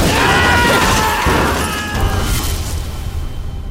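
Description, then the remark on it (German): A bomb goes off in the Brussels central train station in the evening: a loud, deep blast followed by a few seconds of crashing, rumbling debris and ringing noise that slowly fades. “In Brüssel ist am Abend eine Bombe im Hauptbahnhof explodiert.”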